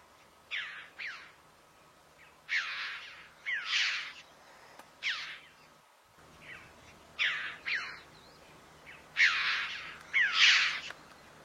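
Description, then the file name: Red-billed chough calling, rasping high notes in pairs and short runs, spaced unevenly, against quiet background noise. "Canto do gralha de bico vermelho"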